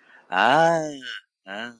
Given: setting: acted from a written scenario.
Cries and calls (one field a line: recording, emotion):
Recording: vocal sound without words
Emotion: realization